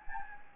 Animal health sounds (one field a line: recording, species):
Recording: mosquito wingbeat signal from an infrared sensor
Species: Anopheles gambiae